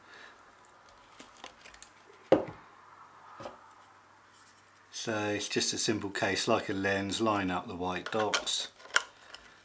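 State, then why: Seated. Small handling taps and a sharper knock around 2.3 s sound as a macro extension tube is brought to the lens mount of a Nikon mirrorless camera (Z5 / Z50 with FTZ adapter), and someone talks from about 5 s. The tube's white dot is lined up with the mount and twisted on until its bayonet lock engages with a sharp click at 9.0 s, and the tube is seated.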